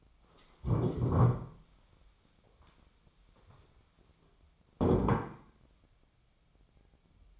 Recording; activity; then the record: daily activity, microphone in the room; stand up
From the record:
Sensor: 1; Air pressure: 1015.3 hPa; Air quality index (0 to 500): 155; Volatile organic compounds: 9 ppm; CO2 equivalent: 2147 ppm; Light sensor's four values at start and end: 12/29/12/13 and 12/28/11/13